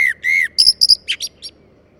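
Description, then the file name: Common blackbird song: two drawn-out fluty whistles, then a quick cluster of sharp, high, chattering notes and a few short squeaks. "Turdus merula"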